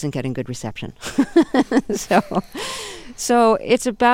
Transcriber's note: soundbite of laughter